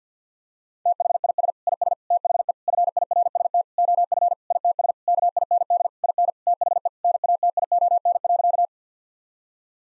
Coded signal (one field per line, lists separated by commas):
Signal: Morse code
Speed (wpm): 50 wpm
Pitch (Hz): 700 Hz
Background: none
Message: THIS IS THE FIRST OF ITS KIND IN THE NATION.